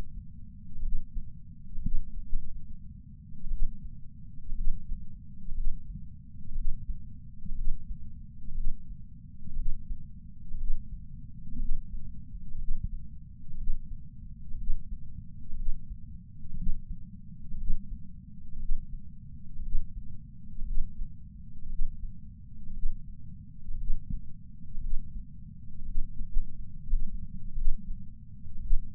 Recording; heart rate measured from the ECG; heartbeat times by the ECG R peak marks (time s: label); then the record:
heart sounds by patch sensor on the chest; 60 bpm
0.81 s: heartbeat
1.80 s: heartbeat
2.26 s: heartbeat
3.49 s: heartbeat
4.53 s: heartbeat
5.53 s: heartbeat
6.53 s: heartbeat
7.53 s: heartbeat
8.53 s: heartbeat
9.54 s: heartbeat
10.56 s: heartbeat
11.57 s: heartbeat
12.56 s: heartbeat
13.55 s: heartbeat
14.55 s: heartbeat
15.54 s: heartbeat
16.54 s: heartbeat
17.55 s: heartbeat
18.57 s: heartbeat
19.60 s: heartbeat
20.63 s: heartbeat
21.67 s: heartbeat
22.71 s: heartbeat
23.75 s: heartbeat
24.79 s: heartbeat
25.83 s: heartbeat
26.83 s: heartbeat
27.54 s: heartbeat
28.60 s: heartbeat
From the record:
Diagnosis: coronary artery disease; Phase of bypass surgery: preoperative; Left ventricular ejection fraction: 61.1%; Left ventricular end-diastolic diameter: 60 mm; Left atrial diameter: 40 mm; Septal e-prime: 7.9 cm/s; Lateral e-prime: 9.6 cm/s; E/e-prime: 7.5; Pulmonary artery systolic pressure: 34 mmHg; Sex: male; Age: 65 years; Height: 168 cm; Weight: 73 kg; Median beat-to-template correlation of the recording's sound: 0.92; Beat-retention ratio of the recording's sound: 1.00